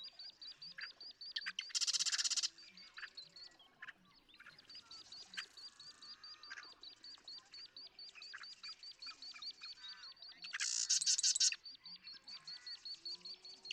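Marsh Wren giving two buzzy, rapid rattling songs over a steady stream of repeated high chip notes.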